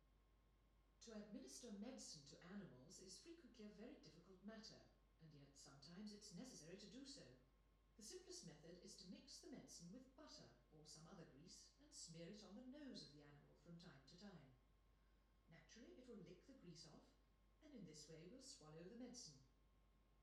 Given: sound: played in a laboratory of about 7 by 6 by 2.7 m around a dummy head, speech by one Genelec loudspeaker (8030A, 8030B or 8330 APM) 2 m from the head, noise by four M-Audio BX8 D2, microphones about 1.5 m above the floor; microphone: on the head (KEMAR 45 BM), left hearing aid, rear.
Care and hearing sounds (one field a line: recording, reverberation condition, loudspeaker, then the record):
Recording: female speech in English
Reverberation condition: medium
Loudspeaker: 30 degrees to the right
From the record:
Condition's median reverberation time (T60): about 510 ms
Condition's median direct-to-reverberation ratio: about -0.5 dB